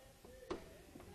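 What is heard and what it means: The tilted platform of a Kuat NV 2.0 hitch bike rack for 2 bikes, fitted to a 2015 Subaru Outback Wagon, is raised back to its upright position after being tilted for cargo access. A single sharp snap is heard at 0.5 s as the tilt latch on the rack mast engages, followed by a faint softer knock near 1.0 s. The platform is latched upright.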